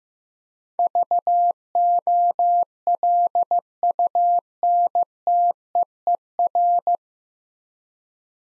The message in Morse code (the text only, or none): VOLUNTEER